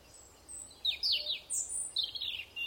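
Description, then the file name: European robin song, separate high thin phrases of squeaky descending slurs with short pauses between them. "Erithacus rubecula"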